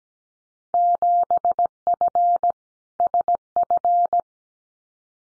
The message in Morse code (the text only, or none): 7F SF